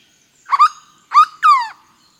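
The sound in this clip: Bird giving two double calls with rich harmonics, separated by a short pause.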